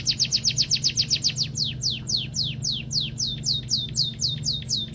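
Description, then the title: Munia chattering song opens with a quick run of high chirps, then slows to regular, longer falling notes, over a low steady hum. Tirelessly chattering emprit song, used as a model recording for training songbirds. "Kicau Emprit Ngoceh Tak Kenal Lelah Untuk Masteran"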